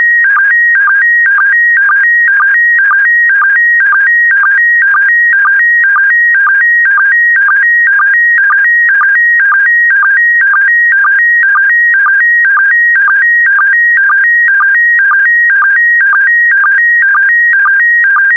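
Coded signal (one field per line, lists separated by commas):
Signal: SSTV (slow-scan television)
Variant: PD120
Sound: warbling tone switching between two pitches, with a short low blip every half second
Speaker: complete. You can now check your decoded image against the picture that is shown on the video.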